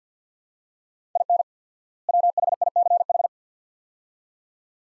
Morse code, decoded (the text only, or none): IN WHICH